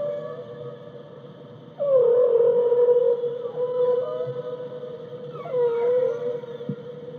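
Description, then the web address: Whale song: a long, steady moaning tone that drops at the start, then holds. A second moan begins near the end. "zvuci ot kitove peene na kitove"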